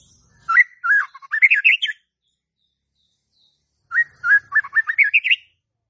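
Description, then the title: White-rumped shama song: a clear whistled phrase climbing upward, repeated once after about two seconds of silence. Lure song used to provoke stressed White-rumped shamas that have stopped singing into song. "PANCINGAN Murai Batu STRES & MACET"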